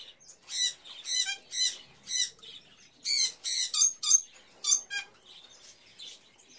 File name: Sound Ideas 2000 Series - Birds, Various Birds In A Pet Shop, Ambience